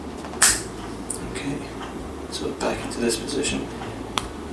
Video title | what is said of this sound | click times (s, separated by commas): Toyota Corolla Fielder Where to find the 12V battery | push it back through at the same time you'll hear you should click okay | 0.4 s, 1.1 s